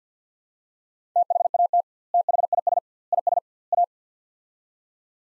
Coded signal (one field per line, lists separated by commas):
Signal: Morse code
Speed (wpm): 50 wpm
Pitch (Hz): 700 Hz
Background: none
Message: THAT THIS IS A